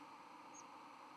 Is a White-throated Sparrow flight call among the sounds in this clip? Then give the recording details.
no. Another species' flight call is heard. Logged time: 02:13 on 31 October 2014